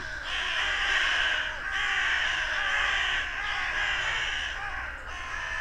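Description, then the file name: Carrion crow calling in a crowd, hoarse overlapping caws merging into a constant raucous wash with little pause. "Corvus corone"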